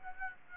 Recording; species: mosquito wingbeat signal from an infrared sensor; Aedes aegypti